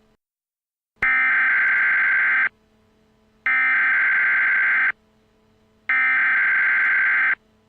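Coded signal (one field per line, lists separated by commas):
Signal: Emergency Alert System (SAME) tones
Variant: header bursts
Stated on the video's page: Simulated EAS tones in a fictional creepypasta alert scenario.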